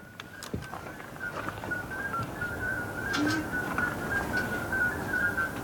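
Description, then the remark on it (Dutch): High, whistle-like peeping calls of midwife toads at the Oude Hortus garden in Utrecht on a summer evening, not yet dark, repeat steadily throughout, short pure notes at an even pitch, set against a constant background hiss with no one talking. “De hoge piepjes of fluitjes van de Vroetmeesterpad.”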